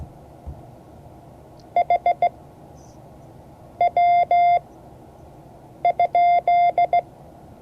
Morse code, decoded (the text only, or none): HW?